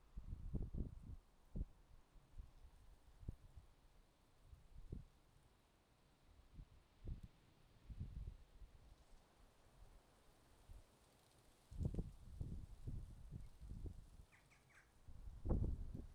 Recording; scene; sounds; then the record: everyday scene through a hearing-aid microphone; wind on the microphone; wind, traffic, birds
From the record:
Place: suburban garden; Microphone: in the ear canal, left